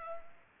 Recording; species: mosquito wingbeat signal from an infrared sensor; Culex pipiens